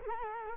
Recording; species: mosquito wingbeat signal from an infrared sensor; Culex quinquefasciatus